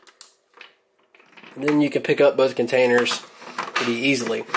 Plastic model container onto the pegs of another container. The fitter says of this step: drop it down you'll hear a little click and